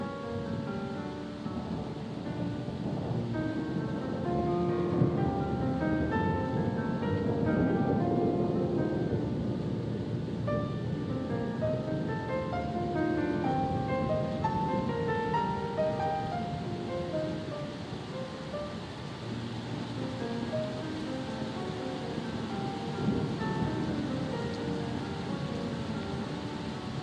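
A stormy sea rolls and surges steadily beneath soft, slow music with scattered sustained notes, the low rumble of water constant throughout.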